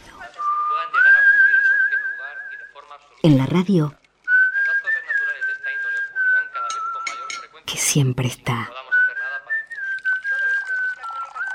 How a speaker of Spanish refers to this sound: y silba, la gente silba.